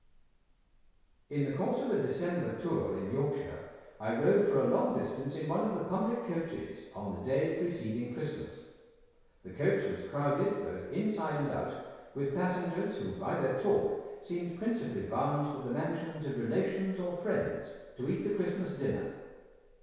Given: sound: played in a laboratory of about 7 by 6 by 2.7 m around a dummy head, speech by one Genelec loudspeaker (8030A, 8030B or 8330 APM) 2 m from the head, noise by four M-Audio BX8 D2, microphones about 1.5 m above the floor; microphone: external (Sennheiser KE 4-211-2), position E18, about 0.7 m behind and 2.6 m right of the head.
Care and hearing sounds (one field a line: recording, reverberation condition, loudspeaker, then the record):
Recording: male speech in English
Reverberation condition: high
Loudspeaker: 150 degrees to the right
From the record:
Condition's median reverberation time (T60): about 1300 ms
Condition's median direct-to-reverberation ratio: about -4.0 dB